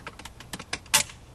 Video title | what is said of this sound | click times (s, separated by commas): Window Motor Replace Grand Am Pt. 2 | and click it back on to the switch box | 0.7 s, 1.0 s